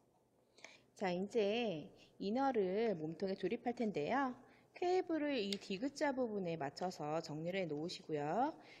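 A black sensor cable plug is pushed into port 15 of a coding robot kit's controller and clicks into place at 0.6 s with a short, sharp hit. Someone then talks for the rest of the clip.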